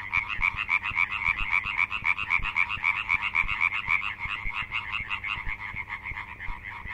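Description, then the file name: European tree frog calls: fast, rattling train of sharp nasal notes, about four per second, weakening toward the end. "Hyla arborea"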